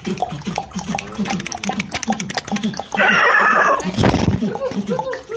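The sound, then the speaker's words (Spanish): A horse whinnies once, a shrill, quavering call lasting about a second, breaking in among steady spoken narration, followed by a brief rough rushing burst. The horse, nicknamed el Bragado for a mark on its belly, is running from people chasing it with torches and nets. “Cuando lo vieron, corrieron tras de él y el caballo, que le pusieron de apodo el Bragado por la mancha que tenía en la panza, empezó a correr hasta quedar atrapado en un filo de un acantilado.”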